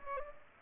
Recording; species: mosquito wingbeat signal from an infrared sensor; Aedes aegypti